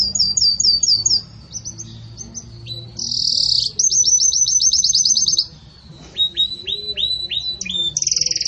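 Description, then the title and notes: Canary song: high, fast rolling trills and buzzy bursts, shifting between different rapid phrases, with brief dips in loudness between sections. Pure "campainha" song style delivered with pauses, for training. "Canto Canário Belga Campainha Puro Com Pausa Para Treinamento. CANARIO BELGA"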